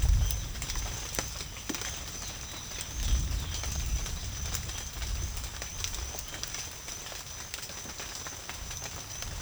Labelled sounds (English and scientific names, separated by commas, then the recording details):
none
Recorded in secondary vegetation near Puerto Asís, Putumayo, Colombia, on 24 June 2025 at 14:00
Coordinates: 0.500, -76.326
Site GP08